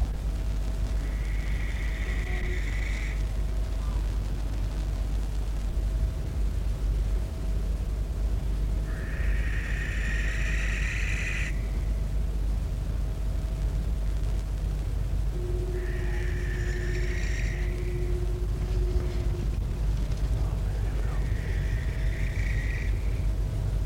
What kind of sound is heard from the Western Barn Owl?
flight call